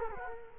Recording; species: mosquito wingbeat signal from an infrared sensor; Culex quinquefasciatus